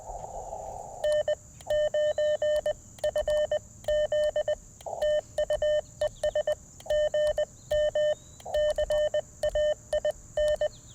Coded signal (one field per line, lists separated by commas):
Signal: Morse code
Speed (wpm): 20 wpm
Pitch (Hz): 1800 Hz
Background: none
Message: N9FZ TUES GM CAIN